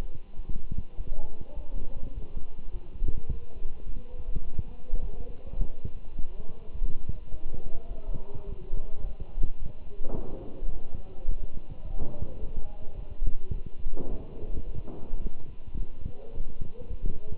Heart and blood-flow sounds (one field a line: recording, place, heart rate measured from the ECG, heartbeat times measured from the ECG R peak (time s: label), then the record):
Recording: heart sounds by stethoscope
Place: between the tricuspid and mitral areas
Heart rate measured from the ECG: 105 bpm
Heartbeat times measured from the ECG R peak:
0.36 s: heartbeat
0.97 s: heartbeat
1.55 s: heartbeat
2.14 s: heartbeat
2.72 s: heartbeat
3.29 s: heartbeat
3.86 s: heartbeat
4.44 s: heartbeat
5.01 s: heartbeat
5.59 s: heartbeat
6.15 s: heartbeat
6.73 s: heartbeat
7.31 s: heartbeat
7.88 s: heartbeat
8.46 s: heartbeat
9.02 s: heartbeat
9.59 s: heartbeat
10.15 s: heartbeat
10.71 s: heartbeat
11.27 s: heartbeat
11.83 s: heartbeat
12.39 s: heartbeat
12.96 s: heartbeat
13.53 s: heartbeat
14.09 s: heartbeat
14.66 s: heartbeat
15.22 s: heartbeat
15.79 s: heartbeat
16.34 s: heartbeat
16.89 s: heartbeat
From the record:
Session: walking at 3.7 km/h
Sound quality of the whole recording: good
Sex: male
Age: 24 years